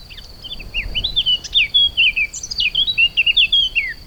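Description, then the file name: Eurasian blackcap song: a rapid, unbroken run of varied warbling notes, sliding up and down in quick succession, against a constant thin insect tone. "Sylvia atricapilla"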